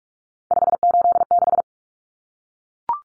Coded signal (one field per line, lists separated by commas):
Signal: Morse code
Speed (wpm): 44 wpm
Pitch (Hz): 700 Hz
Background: none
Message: 586